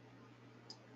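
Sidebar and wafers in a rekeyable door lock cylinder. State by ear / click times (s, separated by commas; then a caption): seated / 0.7 s. A new key is inserted fully and turned in a Kwikset SmartKey rekeyable door lock cylinder, and the sidebar and wafers re-engage with the new key. A sharp click and pop sounds at 0.7 s over a steady low hum. The cylinder resets and seats on the new key.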